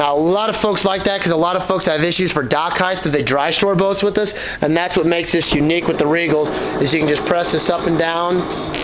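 A man talks throughout while the push-button powered wakeboard tower on a 2013 Regal 2700 ES boat is handled and folded down toward its deck mount lock. Nothing has seated or locked into place yet by the end of the clip.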